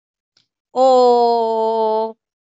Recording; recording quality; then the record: sustained vowel as in boot; excellent, no background noise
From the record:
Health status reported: healthy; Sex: female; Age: 40 years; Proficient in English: yes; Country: India